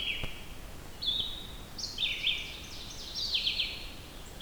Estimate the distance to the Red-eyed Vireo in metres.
about 35 m